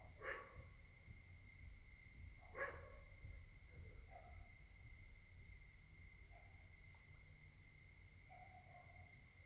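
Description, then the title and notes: Dog gives two loud single barks a couple of seconds apart, then only faint yelps over a steady background hum. Many dogs barking at night, described as a dog concert troubling residents, Caltex, 3 Mares, Réunion; recorded on a Samsung Galaxy S8 smartphone with a partly clogged left microphone. "Caltex, 3 mares, Réunion. La nuit s'annonce difficile pour les habitants: concert de chiens"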